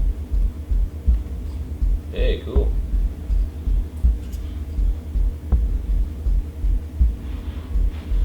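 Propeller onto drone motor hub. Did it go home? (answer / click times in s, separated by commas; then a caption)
yes / 5.5 s. A plastic propeller is pushed onto a DJI Mavic Pro drone's motor hub and twisted until it locks. Someone talks briefly over a low rumble, and a short sharp snap at 5.5 s marks the propeller seating.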